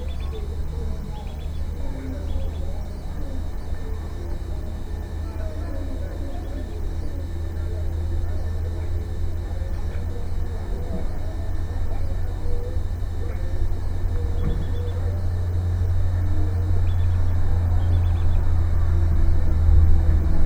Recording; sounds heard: poultry house recording; healthy chickens